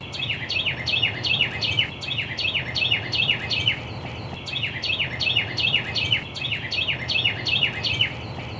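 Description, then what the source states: Carolina Wren song: loud ringing phrases of rolling whistled notes, repeated rapidly and steadily throughout, over a low rumbling background. Early morning; singing to a mate far off in the woods.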